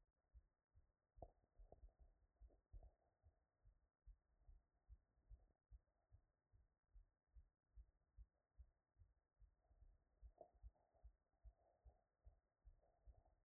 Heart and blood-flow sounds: heart sounds by stethoscope after running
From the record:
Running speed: 7 mph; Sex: male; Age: 50 to 59 years

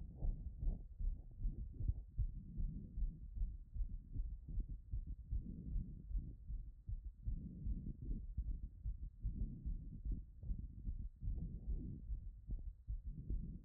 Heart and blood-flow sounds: heart sounds by stethoscope after running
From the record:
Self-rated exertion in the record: light exertion (2 of 6); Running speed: 6 mph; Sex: female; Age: 24 years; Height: 163 cm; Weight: 52 kg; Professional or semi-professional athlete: no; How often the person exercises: 1 to 2 times a week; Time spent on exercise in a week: under 1 hour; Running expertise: no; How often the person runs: 1 to 2 times a week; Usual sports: interval training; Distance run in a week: 5 km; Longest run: 3 km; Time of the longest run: 30 minutes

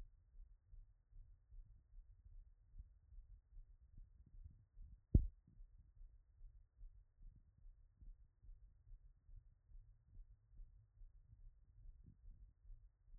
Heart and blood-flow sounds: heart sounds by stethoscope after running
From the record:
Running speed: 7 mph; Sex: male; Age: 20 to 29 years

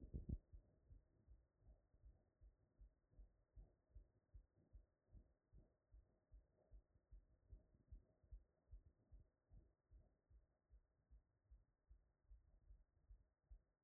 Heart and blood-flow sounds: heart sounds by stethoscope after running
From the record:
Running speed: 5 mph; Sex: male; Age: 30 to 39 years

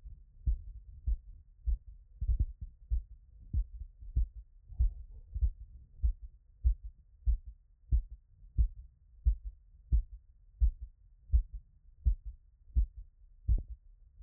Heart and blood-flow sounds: heart sounds by stethoscope after running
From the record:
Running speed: 6 mph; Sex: female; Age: 50 to 59 years

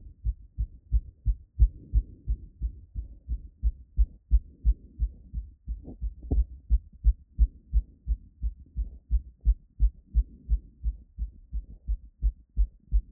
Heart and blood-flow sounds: heart sounds by stethoscope after running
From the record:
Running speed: 5 mph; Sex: female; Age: 18 to 19 years

